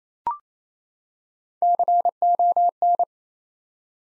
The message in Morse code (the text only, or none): CON